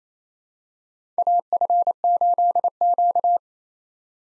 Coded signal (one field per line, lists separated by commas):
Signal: Morse code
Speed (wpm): 27 wpm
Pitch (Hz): 700 Hz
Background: none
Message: AF8Q